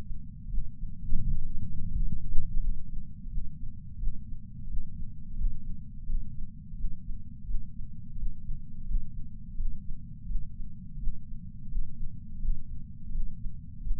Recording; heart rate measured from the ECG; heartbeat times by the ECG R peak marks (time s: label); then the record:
heart sounds by patch sensor on the chest; 86 bpm
0.50 s: heartbeat
1.22 s: heartbeat
1.92 s: heartbeat
2.61 s: heartbeat
3.30 s: heartbeat
3.99 s: heartbeat
4.69 s: heartbeat
5.38 s: heartbeat
6.07 s: heartbeat
6.77 s: heartbeat
7.47 s: heartbeat
8.18 s: heartbeat
8.87 s: heartbeat
9.57 s: heartbeat
10.27 s: heartbeat
10.99 s: heartbeat
11.70 s: heartbeat
12.41 s: heartbeat
13.12 s: heartbeat
13.83 s: heartbeat
From the record:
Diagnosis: coronary artery disease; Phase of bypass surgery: preoperative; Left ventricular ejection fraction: 50.8%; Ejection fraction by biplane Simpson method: 50%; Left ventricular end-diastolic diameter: 50 mm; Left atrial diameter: 32 mm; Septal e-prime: 7.2 cm/s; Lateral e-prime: 9.1 cm/s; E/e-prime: 8.5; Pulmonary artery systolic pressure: 23 mmHg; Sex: male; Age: 65 years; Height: 170 cm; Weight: 65 kg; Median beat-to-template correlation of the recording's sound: 0.75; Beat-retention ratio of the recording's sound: 0.96